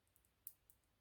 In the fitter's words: voilà, donc il y a un petit clic qui se fait, c'est tout.